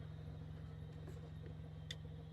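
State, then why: Seated. A UTRAI JS-10 portable jump starter is hooked to a car battery, with the red clamp on the positive terminal and the black on the negative, over a steady low engine-like hum. The unit's smart clamp gives a short, sharp click at 1.9 s, probably its relay engaging once the connection is made. The clamps are confirmed connected.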